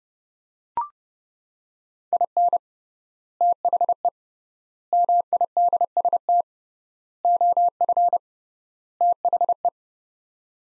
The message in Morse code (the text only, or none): IN THE MIDST OF THE